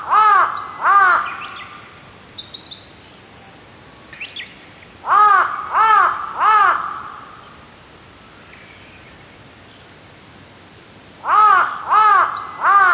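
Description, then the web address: Large-billed crow calling in hoarse, repeated caws in bursts of two or three, with gaps between series; high twittering small birds in the background. Recorded during a walk at Azamidani. "raivu sansaku azamidani sound bird hashibutogarasu"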